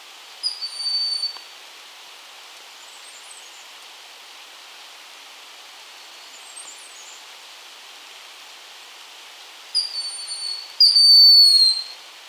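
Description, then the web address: Broad-winged hawk whistles: one thin, high note early on, then after a long quiet gap two more close together, the last loudest and slightly falling. Ecuador. "Birds of Ecuador. Broad-winged Hawk"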